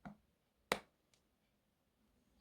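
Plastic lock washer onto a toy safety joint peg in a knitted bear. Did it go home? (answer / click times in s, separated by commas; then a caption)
yes / 0.7 s. A plastic lock washer is pushed down onto the safety joint peg of a knitted chenille bear, over the washer already on the peg; it has to click twice to lock and fits very tightly. A softer tap at 0.1 s is followed by a sharp, loud click at 0.7 s, then a faint tick near 1.1 s. The lock washer seats home on the peg.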